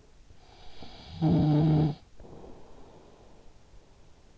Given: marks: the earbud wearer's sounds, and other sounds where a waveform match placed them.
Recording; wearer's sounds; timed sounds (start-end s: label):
sounds in sleep by an in-ear microphone; snoring breath
0.35-4.38 s: snoring breath